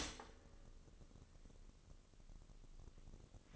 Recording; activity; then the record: daily activity, microphone in the room; stop toaster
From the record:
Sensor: 4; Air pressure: 1008.2 hPa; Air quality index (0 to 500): 108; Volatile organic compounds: 1 ppm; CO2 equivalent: 794 ppm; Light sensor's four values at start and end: 9/19/8/8 and 9/19/8/8